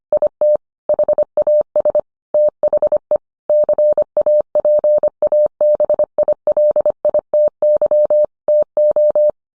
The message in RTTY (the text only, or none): none